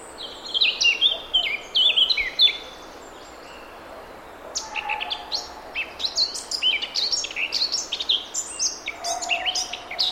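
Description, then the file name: Eurasian blackcap song in two bursts of rapid, varied chirping notes separated by a silent gap, the second burst long and busy, over faint hiss. "Sylvia atricapilla"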